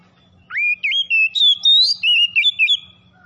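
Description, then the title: Oriental magpie-robin singing one lively phrase of clear, varied whistles that begins with a rising slur and runs through quick chopped notes for about two seconds. "Kacer Tretes"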